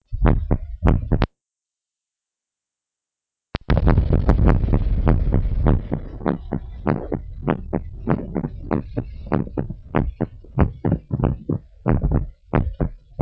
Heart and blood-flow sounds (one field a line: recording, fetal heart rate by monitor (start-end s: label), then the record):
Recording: heart sounds of a pregnant woman by stethoscope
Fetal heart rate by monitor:
no fetal heartbeat
From the record:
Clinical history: decreased amniotic fluid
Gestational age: 34 weeks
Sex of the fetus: girl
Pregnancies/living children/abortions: 3/0/2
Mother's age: 34 years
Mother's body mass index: 28.9